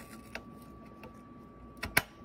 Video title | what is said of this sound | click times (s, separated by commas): Paid $100 for two Dell OptiPlex 790 - BIOS password reset and upgrade to sell for profit | hear the click | 2.0 s